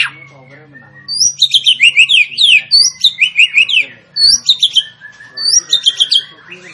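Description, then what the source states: Sooty-headed bulbul song in short bursts of high, quick zigzag notes repeated several times, separated by brief gaps over a steady low hum. Sooty-headed bulbul singing actively (gacor); training recording for cage birds.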